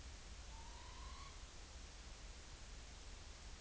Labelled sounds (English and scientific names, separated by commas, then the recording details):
Morepork (Ninox novaeseelandiae) trill
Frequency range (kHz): Morepork (Ninox novaeseelandiae) 0.8-5.0 kHz
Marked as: faintness 4/5
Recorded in New Zealand on 30 April 2013
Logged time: 02:19
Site Ponui